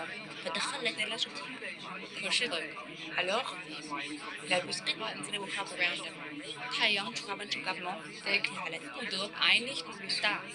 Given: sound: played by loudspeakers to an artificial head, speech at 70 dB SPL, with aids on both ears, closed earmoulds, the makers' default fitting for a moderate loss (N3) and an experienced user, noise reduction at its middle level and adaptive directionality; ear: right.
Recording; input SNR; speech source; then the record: speech test signal (ISTS) in cocktail-party noise; -6 dB; on the right (90 degrees)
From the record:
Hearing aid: class 2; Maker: I